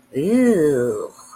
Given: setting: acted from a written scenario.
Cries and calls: vocal sound without words; disgust

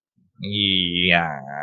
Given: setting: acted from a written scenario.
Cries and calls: vocal sound without words; guilt

